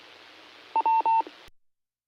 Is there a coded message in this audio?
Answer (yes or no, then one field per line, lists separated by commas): no